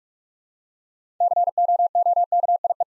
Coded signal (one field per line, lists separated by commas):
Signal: Morse code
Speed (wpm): 44 wpm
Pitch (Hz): 700 Hz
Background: none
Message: COOKIE